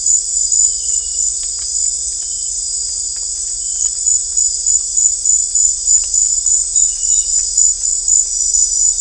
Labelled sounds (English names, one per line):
none